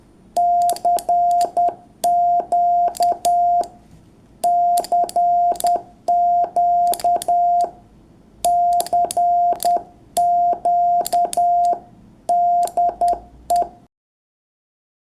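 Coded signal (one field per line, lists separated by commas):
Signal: Morse code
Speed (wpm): 10 wpm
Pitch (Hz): 700 Hz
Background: none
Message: CQ CQ CQ DE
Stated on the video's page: Morse practice sent with a CW paddle using the built-in keyer of an FT-710 radio, break-in off so not transmitted.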